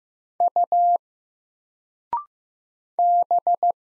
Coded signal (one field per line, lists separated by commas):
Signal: Morse code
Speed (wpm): 15 wpm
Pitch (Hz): 700 Hz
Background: none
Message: U B